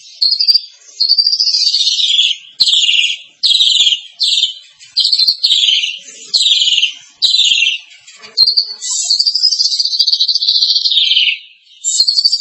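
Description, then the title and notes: Starling song of repeated buzzy, scratchy phrases with short pauses, then a longer wavering chatter and one more harsh burst. "suara burung jalak"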